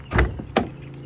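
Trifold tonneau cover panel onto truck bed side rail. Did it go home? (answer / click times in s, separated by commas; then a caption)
yes / 0.6 s. A panel of a hard Westin trifold tonneau cover is folded down onto its side rail on the bed of a 4th-gen Dodge truck. A low thump comes at about 0.2 s, then a sharp click at 0.6 s and a faint tick near 0.9 s. The click shows the panel has seated, confirming its alignment.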